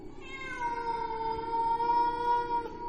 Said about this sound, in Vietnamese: Cực chẳng đã, con mèo còn đứng ở trên giường mà kêu lên những tiếng ghê rợn lắm.